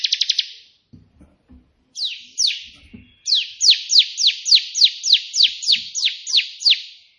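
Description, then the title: Prinia singing a brief quick trill, then a long series of ringing down-slurred notes repeated about three times a second, over faint low tapping sounds. Prenjak putih song in three 'tembakan' variations, suitable as tutor song ('masteran') for training pet prinias. "3 VARIASI TEMBAKAN prenjak putih ini COCOK untuk masteran prenjak anda"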